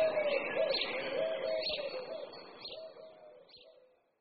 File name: Hrdlička-zahradní